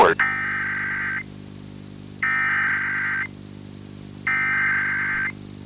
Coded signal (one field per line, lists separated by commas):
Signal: Emergency Alert System (SAME) tones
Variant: header bursts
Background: speech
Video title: A Winter's Nightmare (EAS Scenario)